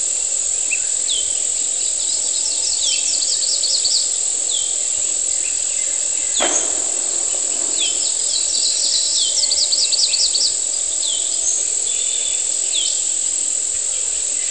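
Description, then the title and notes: Cicada song as an unbroken high buzzing tone, overlaid by repeated bird trills and chirps, with one sharp bang about halfway through. Humid morning on the outskirts of San Cristóbal de Las Casas, Chiapas, May 2021; with birds and rockets. "cigarras. Mañana húmeda a las afueras de San Cristóbal de Las Casas, Chiapas. Mayo 2021"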